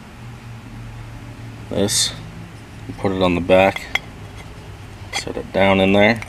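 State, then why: Not seated. Someone talks while a turbocharger component is handled and set down onto the back of the turbo assembly, with light metallic handling sounds over a low steady hum. Nothing has seated or clicked into place yet.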